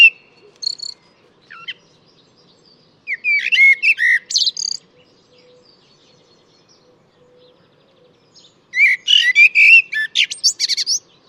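Bird song: scattered single chirps, then two long busy phrases of rapid twittering and whistled notes, separated by several seconds of quiet.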